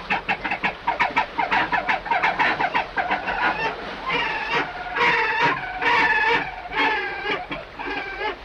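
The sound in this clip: Fiordland crested penguin calling in a rapid series of harsh, braying pulses, then longer trumpeting notes with strong harmonics, repeated about once a second.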